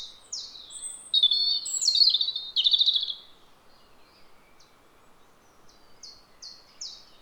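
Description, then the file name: European robin song opening with loud, high, shimmering warbles for about three seconds, followed after a pause by a soft run of short repeated notes. "Erithacus rubecula"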